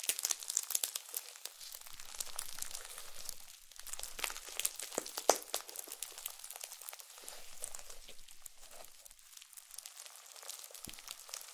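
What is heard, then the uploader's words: Slime being squished and pressed gives dense, crackly, bright popping and crinkling sounds that continue throughout, with a sharper pop just past five seconds. ASMR SLIME SATISFYING - NO TALKING.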